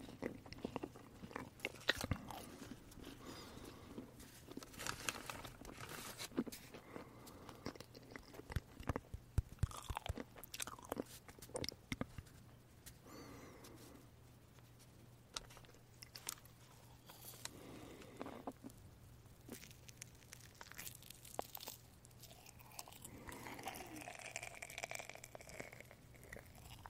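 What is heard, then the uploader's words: Someone eats marshmallows with soft, irregular chewing and sticky bites, frequent clicks and smacks throughout, over a faint steady low hum. Marshmallow eating sound.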